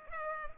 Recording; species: mosquito wingbeat signal from an infrared sensor; Culex pipiens